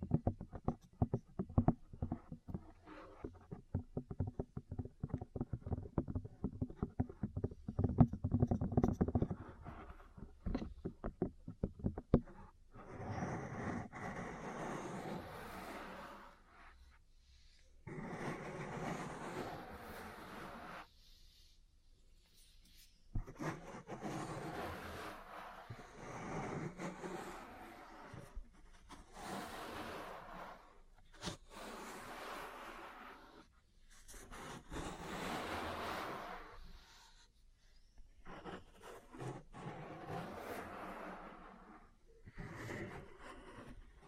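Ear cleaning and tapping: fast, dense low tapping for twelve seconds, then bursts of brighter rubbing and scraping separated by short pauses.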